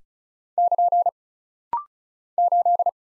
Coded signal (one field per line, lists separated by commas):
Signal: Morse code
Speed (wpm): 34 wpm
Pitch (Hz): 700 Hz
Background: none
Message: <KN> 8